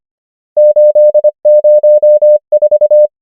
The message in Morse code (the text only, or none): 8 0 4